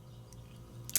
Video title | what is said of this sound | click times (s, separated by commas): Transformers 3rd Party X-Transbots Paean (Hoist) | you know you can press it you bend it down and it snaps into place it doesn't really snap into place | 1.0 s